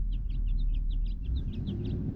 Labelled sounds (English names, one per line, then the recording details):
House Finch song
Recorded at Lawrence on Long Island, New York, on 4 June 1975
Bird D